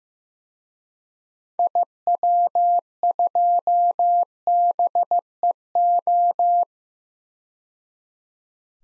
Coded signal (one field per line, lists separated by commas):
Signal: Morse code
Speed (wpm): 15 wpm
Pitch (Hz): 700 Hz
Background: none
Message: IW2BEO